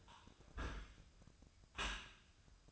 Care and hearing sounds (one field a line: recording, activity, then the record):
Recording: daily activity, microphone in the room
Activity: close dishwasher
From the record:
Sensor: 2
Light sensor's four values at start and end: 6/15/6/6 and 6/15/6/6